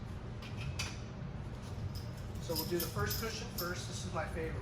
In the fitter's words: slides right in there and locks down into place